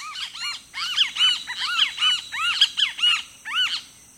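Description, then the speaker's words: Great Kiskadee calling: loud, arched, ringing notes repeated in quick succession. Whistled notes that seem to repeat its name; a morning wake-up call at the forest edge in tropical Central America. "The kiskadee, too, seems preoccupied with repeating its name."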